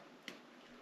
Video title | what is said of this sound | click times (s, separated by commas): Adding Ethernet Lines: How We Did It #electrical #barnbuild | you can hear that snap. I did. It's in. | 0.3 s